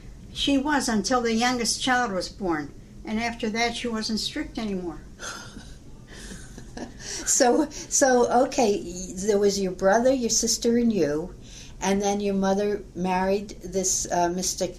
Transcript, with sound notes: She was until the youngest child was born, and then after that she wasn't strict anymore.
(laughs) So—so okay, so it was your brother you sister and you, and then your mother married this uh, Mr.